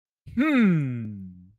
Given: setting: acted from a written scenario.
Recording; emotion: vocal sound without words; pride